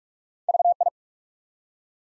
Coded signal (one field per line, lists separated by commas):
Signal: Morse code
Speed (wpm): 44 wpm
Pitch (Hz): 700 Hz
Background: none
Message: VI